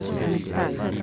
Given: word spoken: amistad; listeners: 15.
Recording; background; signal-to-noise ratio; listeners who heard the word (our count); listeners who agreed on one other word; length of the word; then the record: one Spanish word in noise, from a listening test; eight-talker babble; -1.7 dB; 0 of 15; 7 of 15; 0.62 s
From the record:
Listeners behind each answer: 7, 2, 1, 1, 1, 1, 1, 1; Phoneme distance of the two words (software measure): 37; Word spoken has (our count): 3 syllables, 7 phonemes, stress on syllable 3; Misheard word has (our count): 2 syllables, 6 phonemes, stress on syllable 2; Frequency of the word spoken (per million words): 40.24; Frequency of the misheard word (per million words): 4.20